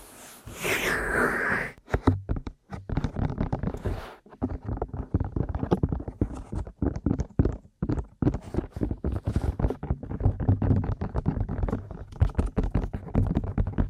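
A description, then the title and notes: Aggressive ear massage and tapping, opening with a dense rubbing swish for the first two seconds before giving way to fast, irregular taps and scrapes. The taps come in quick clusters with brief gaps, low and thumping with crackly bright edges, continuing to the end. Aggressive Ear Massage & Tapping.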